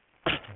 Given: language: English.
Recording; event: throat vibration sensor signal played as sound; cough